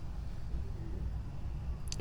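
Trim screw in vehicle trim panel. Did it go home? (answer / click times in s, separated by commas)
no / 1.9 s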